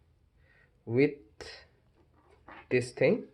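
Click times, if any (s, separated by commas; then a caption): none. Someone talks while handling a Gamdias Aeolus M2 Lite 120mm fan, bringing its plastic ARGB connector to the daisy-chain connector on another fan. Nothing has seated or clicked yet; the clip ends just before the connector goes home.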